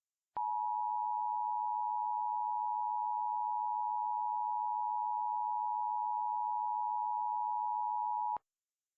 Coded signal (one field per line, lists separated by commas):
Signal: Emergency Alert System (SAME) tones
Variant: 853 and 960 Hz attention tone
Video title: *VALID TONES* Lake Michigan Tsunami (EAS Scenario)